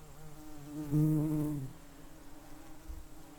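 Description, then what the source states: Bees buzzing with a low harmonic drone that swells loudly around the one-second mark, then fades back to a softer steady hum. Bees recorded close.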